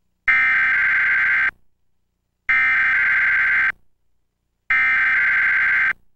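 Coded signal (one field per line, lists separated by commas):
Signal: Emergency Alert System (SAME) tones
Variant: header bursts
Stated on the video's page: Required Weekly Test captured from Xfinity X1 and Xfinity Legacy cable boxes.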